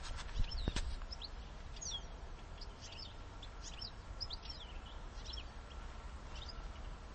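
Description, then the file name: European goldfinch calls, a run of bright, rapid twittering notes scattered throughout over constant low-frequency background noise. "Carduelis carduelis"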